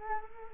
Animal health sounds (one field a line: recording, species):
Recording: mosquito wingbeat signal from an infrared sensor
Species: Culex quinquefasciatus